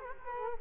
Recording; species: mosquito wingbeat signal from an infrared sensor; Culex quinquefasciatus